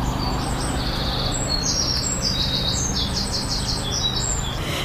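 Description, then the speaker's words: Common chaffinch song: busy bright chirps and trilled high notes run throughout above a steady low hum. Singing overhead at a park-and-ride car park in Geneva, Switzerland, in green space within the city, heard continuously through a live broadcast. "D'ailleurs, depuis le début de cette émission, si vous avez bien écouté, nous avons un magnifique chant d'oiseaux au-dessus de nos têtes. C'est le chant du pinson des arbres."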